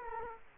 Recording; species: mosquito wingbeat signal from an infrared sensor; Culex quinquefasciatus